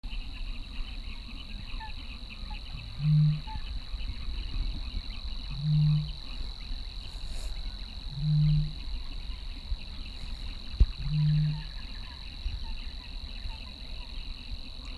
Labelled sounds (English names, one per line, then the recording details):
Great Bittern
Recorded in the wild
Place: Kützerhof, Kummerower See, Mecklenburg-Vorpommern, DE
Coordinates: 53.8344, 12.8481
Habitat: wetland
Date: 2009-05-05
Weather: heiter, fast windstill, 6°C
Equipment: Sound Devices 702, Sennheiser MKH 70, Rycote Windschutz
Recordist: Frommolt, Karl-Heinz
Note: Große Rosin: eine Rufreihe einer Rohrdommel